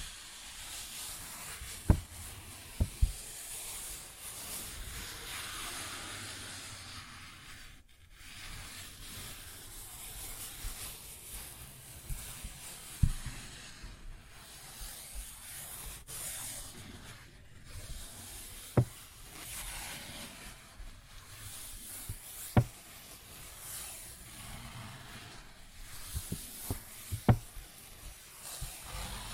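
A paper bag is scratched and rubbed continuously, making a dense, hissy rustle across the whole 29 seconds. Sharp tapping clicks cut through it irregularly, about every few seconds, with brief pauses near 8 and 16 seconds.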